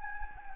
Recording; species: mosquito wingbeat signal from an infrared sensor; Anopheles gambiae